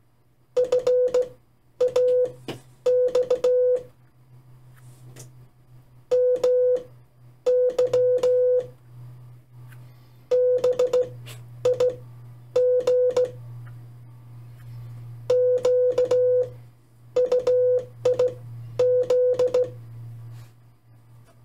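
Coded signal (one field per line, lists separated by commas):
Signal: Morse code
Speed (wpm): 16 wpm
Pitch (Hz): 500 Hz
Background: none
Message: FAX MY BIG QUIZ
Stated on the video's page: CW learned for a Parks on the Air activation; QRP setup mentioned.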